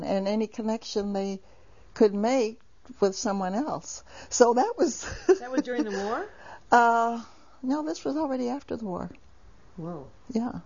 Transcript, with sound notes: And any connection they could make with someone else. So that was... ( she laughs )
That was during the war?
Uh, no, this was already after the war. Yeah.